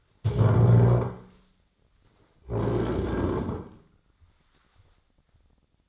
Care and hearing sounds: daily activity, microphone in the room; stand up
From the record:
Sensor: 3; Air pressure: 1009.2 hPa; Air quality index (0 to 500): 181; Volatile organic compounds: 3 ppm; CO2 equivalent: 1462 ppm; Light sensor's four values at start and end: 48/124/55/55 and 43/110/49/50

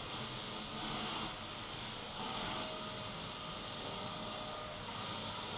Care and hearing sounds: daily activity, microphone in the room; vacuum cleaning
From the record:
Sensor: 4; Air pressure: 1002.9 hPa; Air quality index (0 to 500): 242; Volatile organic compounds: 18 ppm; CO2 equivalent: 2631 ppm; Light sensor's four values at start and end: 5/12/4/5 and 5/12/4/5

